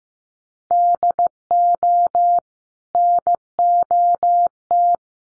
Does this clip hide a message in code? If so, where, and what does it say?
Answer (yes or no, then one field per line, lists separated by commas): yes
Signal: Morse code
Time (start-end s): 0.7-4.9 s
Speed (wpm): 15 wpm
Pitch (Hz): 700 Hz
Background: none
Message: DO NOT